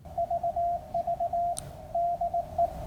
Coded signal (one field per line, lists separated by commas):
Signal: Morse code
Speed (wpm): 18 wpm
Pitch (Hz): 700 Hz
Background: radio noise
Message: VV DE